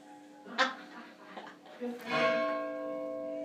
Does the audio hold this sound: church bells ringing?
yes